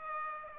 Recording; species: mosquito wingbeat signal from an infrared sensor; Aedes aegypti